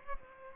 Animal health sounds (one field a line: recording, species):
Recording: mosquito wingbeat signal from an infrared sensor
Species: Aedes aegypti